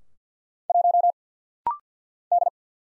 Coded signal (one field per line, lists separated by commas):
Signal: Morse code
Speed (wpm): 50 wpm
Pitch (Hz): 700 Hz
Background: none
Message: 1 D